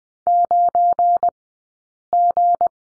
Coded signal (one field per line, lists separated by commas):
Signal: Morse code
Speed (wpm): 20 wpm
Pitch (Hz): 700 Hz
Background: none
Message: 9G